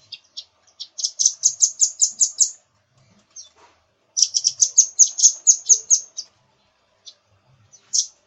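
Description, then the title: Nuthatch trill: two bursts of sharp, high chips run rapidly, separated by a pause and a few scattered single notes. "suara burung rambatan"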